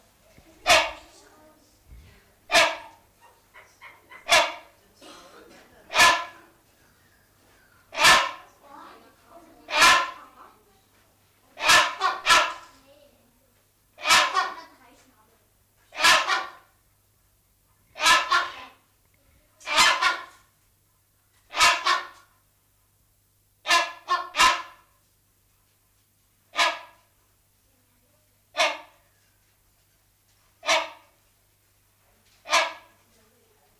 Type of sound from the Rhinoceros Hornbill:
call